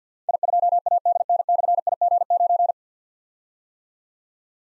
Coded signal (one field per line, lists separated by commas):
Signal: Morse code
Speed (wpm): 53 wpm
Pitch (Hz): 700 Hz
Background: none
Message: I2ADN/IG9